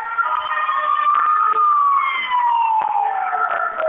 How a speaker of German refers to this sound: Also ich stehe im Augenblick etwa 400 Meter von der Metrostation entfernt, Mahlbeek. Und man sieht, hier kommt ein Krankenwagen nach dem anderen vorbeigefahren, Rotes Kreuz vor der U-Bahn-Station, stehen Feuerwehren.